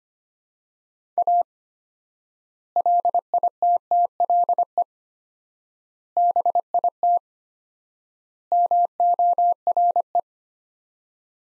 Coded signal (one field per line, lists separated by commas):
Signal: Morse code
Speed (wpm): 25 wpm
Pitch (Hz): 700 Hz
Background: none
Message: A LITTLE BIT MORE